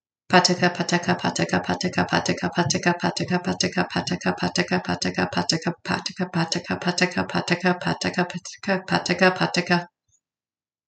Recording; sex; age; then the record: repeated syllables /pa ta ka/; female; 30 to 39 years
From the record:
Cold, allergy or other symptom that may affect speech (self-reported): no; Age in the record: 37 years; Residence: United States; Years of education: 19